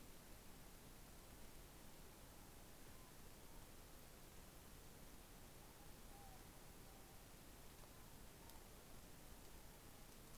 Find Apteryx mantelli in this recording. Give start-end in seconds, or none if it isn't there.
none